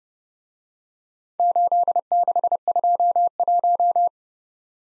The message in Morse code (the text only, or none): 8621